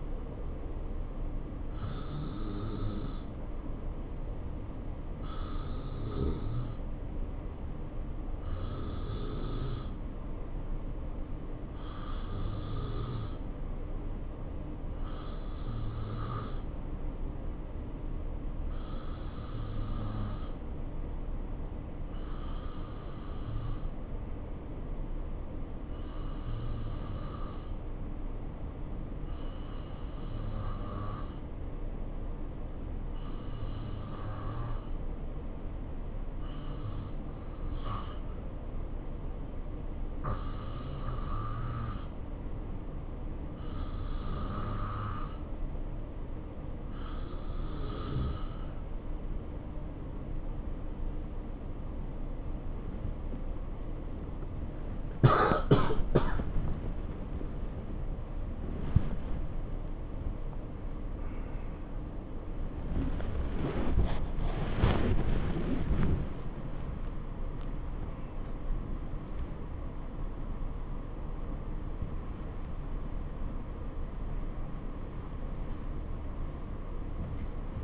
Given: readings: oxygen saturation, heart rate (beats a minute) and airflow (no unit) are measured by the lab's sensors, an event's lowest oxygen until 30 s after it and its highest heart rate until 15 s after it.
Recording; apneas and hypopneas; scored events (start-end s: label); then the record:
breathing in sleep by a smartphone at the bedside; 1
10.00-46.70 s: hypopnea (N2, oxygen 93% highest, then 89% lowest, heart rate 68 at the start, 93 highest)
48.00-77.83 s: awake
48.00-77.83 s: new sleep stage, awake
From the record:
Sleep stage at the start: N2 (light sleep); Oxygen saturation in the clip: 89 to 93%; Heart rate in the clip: 65 to 102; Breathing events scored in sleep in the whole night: 277 in 7.4 hours asleep